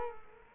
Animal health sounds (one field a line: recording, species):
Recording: mosquito wingbeat signal from an infrared sensor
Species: Culex quinquefasciatus